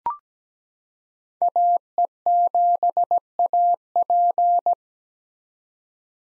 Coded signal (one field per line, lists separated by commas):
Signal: Morse code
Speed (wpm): 17 wpm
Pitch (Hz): 700 Hz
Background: none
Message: AE7AP